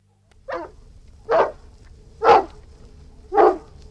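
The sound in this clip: Irish Wolfhound barking four times, each bark full and rough, spaced about one second apart after a short quiet start.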